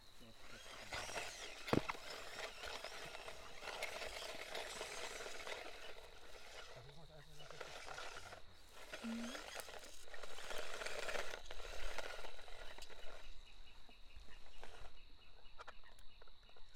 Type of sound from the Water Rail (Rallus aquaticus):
song